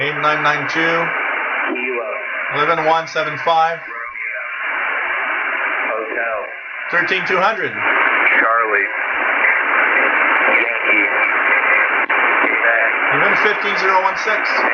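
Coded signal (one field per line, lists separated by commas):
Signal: coded military voice message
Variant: USAF HFGCS EAM, English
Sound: male voice reading frequencies and phonetic letters through heavy shortwave static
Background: radio static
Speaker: Yep this is a emergency action message from the US Air Force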